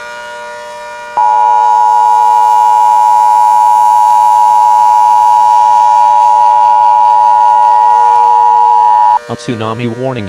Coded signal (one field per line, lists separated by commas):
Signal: Emergency Alert System (SAME) tones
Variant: 853 and 960 Hz attention tone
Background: speech